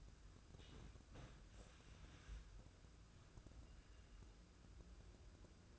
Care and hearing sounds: daily activity, microphone in the room; wipe stove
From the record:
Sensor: 2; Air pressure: 995.9 hPa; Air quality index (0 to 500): 90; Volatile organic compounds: 4 ppm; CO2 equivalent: 1649 ppm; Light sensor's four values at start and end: 22/75/29/27 and 22/75/29/27

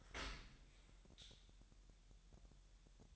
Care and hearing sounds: daily activity, microphone in the room; open dishwasher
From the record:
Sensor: 3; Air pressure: 1000.5 hPa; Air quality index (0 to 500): 248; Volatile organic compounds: 172 ppm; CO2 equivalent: 4111 ppm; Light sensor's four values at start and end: 10/25/10/10 and 10/25/10/10

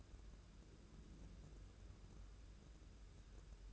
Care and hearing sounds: daily activity, microphone in the room; take from stove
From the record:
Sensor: 2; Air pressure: 994.3 hPa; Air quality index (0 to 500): 216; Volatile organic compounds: 1000 ppm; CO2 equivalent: 7176 ppm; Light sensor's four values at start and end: 137/327/138/143 and 137/327/138/143

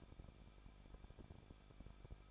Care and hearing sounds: daily activity, microphone in the room; no activity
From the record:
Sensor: 5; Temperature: 20.8 degrees Celsius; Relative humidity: 38.3%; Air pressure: 1006.6 hPa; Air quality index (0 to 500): 185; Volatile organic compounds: 17 ppm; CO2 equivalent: 2583 ppm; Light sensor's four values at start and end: 2/3/1/1 and 2/3/1/1

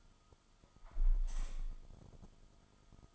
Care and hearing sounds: daily activity, microphone in the room; close window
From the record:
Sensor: 5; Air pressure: 1004.6 hPa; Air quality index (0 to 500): 85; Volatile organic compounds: 2 ppm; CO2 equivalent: 1025 ppm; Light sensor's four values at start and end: 34/80/32/31 and 34/80/32/31

